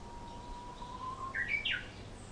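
Japanese bush warbler singing a drawn-out, level whistle that swells, then ends in a short, twisting burst of higher clear notes.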